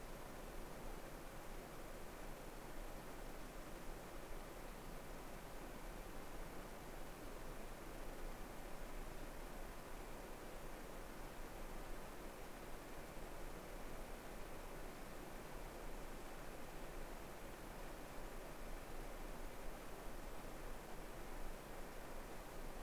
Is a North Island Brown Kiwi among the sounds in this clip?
no